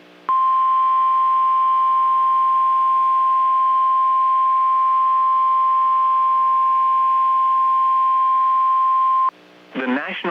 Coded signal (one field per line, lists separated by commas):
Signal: Emergency Alert System (SAME) tones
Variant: 1050 Hz attention tone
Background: speech